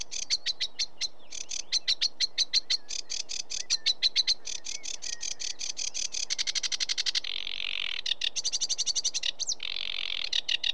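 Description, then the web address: Sedge warbler song, a continuous rapid chatter of harsh, ticking notes that speeds into buzzy rattles and churrs, varied throughout and scarcely pausing. "BBC Sound Effects Library BBC - Birds Sedge Warbler"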